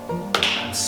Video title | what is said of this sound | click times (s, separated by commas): Diatech - Push Pad & Pull Handle Combined System | take the handle and take it around the right hand side over the top and snap shut you'll hear an audible click | 0.4 s